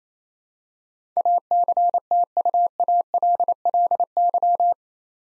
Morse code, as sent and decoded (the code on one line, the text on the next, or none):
.- -.-. - ..- .- .-.. .-.. -.--
ACTUALLY